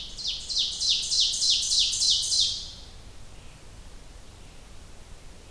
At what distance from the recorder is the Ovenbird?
about 15 m